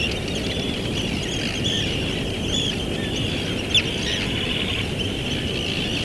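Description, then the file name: Bird chorus of continuous high, blended twittering with one brief louder note, above a constant low background hiss and rumble. "oiseaux"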